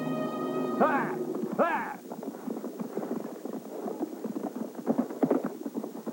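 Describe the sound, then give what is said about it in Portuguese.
Several horses' hooves clatter in a busy, irregular clip-clop as scouts arrive on horseback, building over several seconds, preceded by a couple of high, sweeping whinny-like cries and a sustained tonal hum. “Segure o cavalo!”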